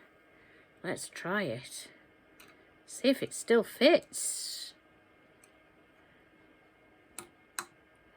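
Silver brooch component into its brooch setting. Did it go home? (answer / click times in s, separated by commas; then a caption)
yes / 7.2 s, 7.6 s. A silversmith test-fits a handmade silver penannular brooch component into its brooch setting to check that it still fits while someone talks. After the talk stops, two sharp clicks at 7.2 and 7.6 seconds mark the part snapping into place, seated.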